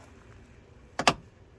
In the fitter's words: You can hear the catch.